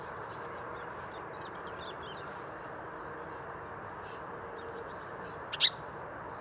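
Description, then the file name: House sparrow giving one sharp chirp near the end, preceded by soft bird twitters and whistles over steady low rumbling noise. "Passer domesticus"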